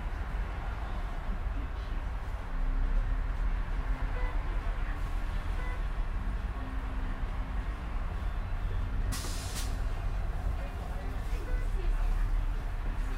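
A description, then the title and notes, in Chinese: Steady roadside traffic rumble by the 300 express line, with faint voices mixed in and a sharp hiss of an air brake around nine seconds. 坐在300快外晒太阳｜城市声音。很喜欢300快外公交，坐在二层的第一排，被太阳从头到脚晒着，很浪漫。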